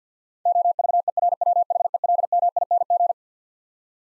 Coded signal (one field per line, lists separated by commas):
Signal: Morse code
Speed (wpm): 50 wpm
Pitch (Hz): 700 Hz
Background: none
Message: OVERWHELMING